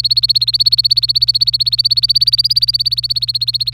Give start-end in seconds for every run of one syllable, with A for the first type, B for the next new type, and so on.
0.00-3.74 A